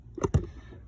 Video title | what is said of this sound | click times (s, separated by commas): How to Replace Cabin Air Filter 2012 Toyota Sienna | 2 clicks, both sides. | 0.2 s, 0.3 s